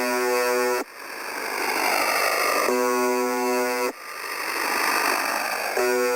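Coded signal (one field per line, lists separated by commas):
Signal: channel marker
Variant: UVB-76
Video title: 4625.00 Khz - UVB 76 - MDZhb - Strange Sound - Sonido Extraño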